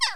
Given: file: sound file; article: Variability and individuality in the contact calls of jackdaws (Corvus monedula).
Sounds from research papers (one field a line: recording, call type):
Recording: jackdaw call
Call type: harmonic